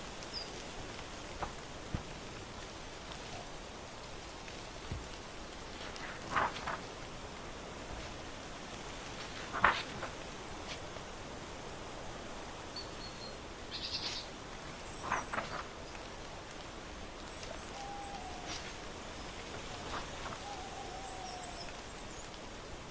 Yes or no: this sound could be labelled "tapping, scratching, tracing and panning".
no